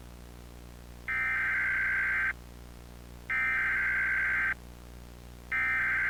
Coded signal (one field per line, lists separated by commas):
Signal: Emergency Alert System (SAME) tones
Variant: header bursts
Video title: (Analog/digital horror) EAS Scenario: The Boiled One Phenomenon